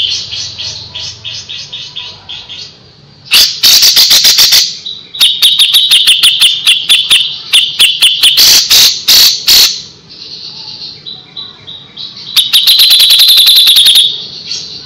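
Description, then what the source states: Grey-cheeked bulbul song: bursts of loud, rapid, harsh clicking notes separated by quieter buzzy stretches. Song used to train caged birds (masteran); Indonesian local name cucak jenggot.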